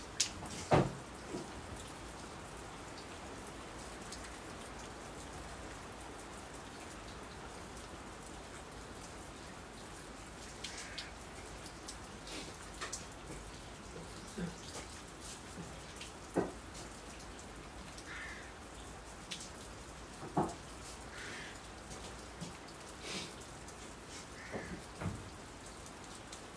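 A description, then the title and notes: Steady rain patters under the eaves, with occasional louder drips striking, one sharp tap near the start and others every few seconds. Raining under the eaves.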